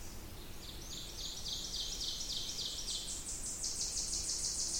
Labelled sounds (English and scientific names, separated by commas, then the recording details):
Ovenbird (Seiurus aurocapilla) song
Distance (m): 50 m
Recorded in boreal forest in Alberta, Canada, on 20 June 2016 at 06:40
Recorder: SongMeter 3, array SBT-6-81
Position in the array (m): 5 m, 287 m
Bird 26